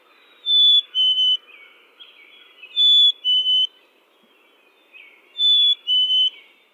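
Chickadee whistling three phrases, each a bright high note sliding down to a lower, briefly broken note, with quiet bird chatter between them.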